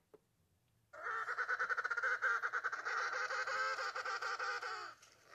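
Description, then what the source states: Emperor Penguin call: a sustained, rich, trumpeting bray with a rapid throbbing pulse, lasting about four seconds before stopping abruptly. Antarctic penguin whose sound many listeners associate with Antarctica; lives in the South Polar region, where it raises its chicks.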